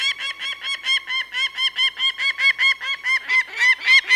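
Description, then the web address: Peregrine falcon alarm call: a steady run of grating, nasal notes, about four per second, growing louder toward the end. Male and female peregrine falcons giving alarm calls in flight. "BBC Falcons"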